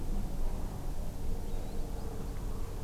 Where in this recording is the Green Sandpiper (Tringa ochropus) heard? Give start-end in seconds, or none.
1.47-2.31